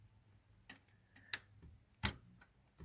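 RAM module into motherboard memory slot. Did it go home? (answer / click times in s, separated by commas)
yes / 1.3 s, 2.1 s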